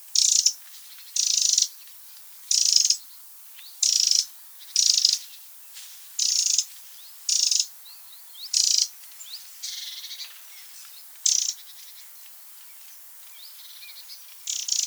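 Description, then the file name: Eurasian wren giving harsh, buzzy rattling calls, short bursts repeated about every second or so, with faint thin rising chirps between them. "Troglodytes troglodytes"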